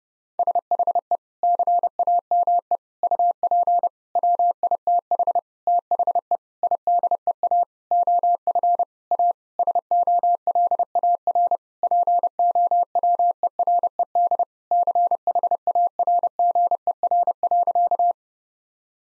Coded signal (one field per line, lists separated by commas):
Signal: Morse code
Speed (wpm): 32 wpm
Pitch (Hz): 700 Hz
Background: none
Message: SHE CAME UP WITH THE IDEA OF A SOLAR POWERED CHARGER.